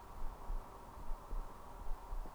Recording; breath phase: one breath near a microphone; inhalation